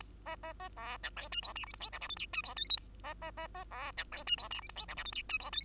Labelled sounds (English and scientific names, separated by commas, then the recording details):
Bengalese Finch (Lonchura striata domestica) song
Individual Bird2